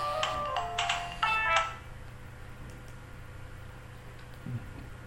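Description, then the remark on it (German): A telephone rings in a short burst of electronic, warbling tones for about a second and a half, interrupting a conversation, then stops, leaving a low steady hum and quiet background. “Ja, wie es so ist, wird man manchmal durch so ein Telefon unterbrochen.”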